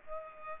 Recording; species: mosquito wingbeat signal from an infrared sensor; Culex pipiens